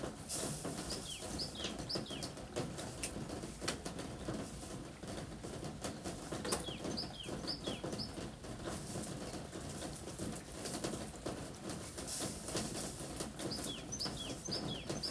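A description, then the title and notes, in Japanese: Rain falls steadily on a roof under the eaves, a dense patter with a low, rumbling undertone that stays even throughout. Short, bright bird chirps come through in small bursts near the start, around the middle, and again at the end. 今日は梅雨の雨の日。屋根に降る雨の音。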